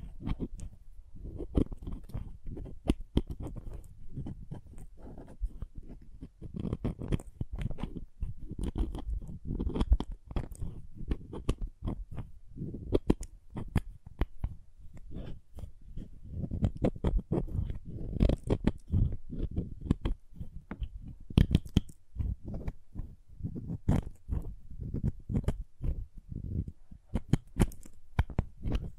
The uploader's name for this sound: Crayons Tapping, Carving, Cutting, Drawing Sounds